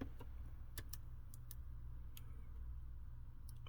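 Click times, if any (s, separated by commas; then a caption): none. A Samsung Galaxy S8 Plus logic board is pressed down into the phone's midframe, producing a few faint, sharp ticks and taps over a steady low hum. The board does not seat, and nothing has clicked into place yet.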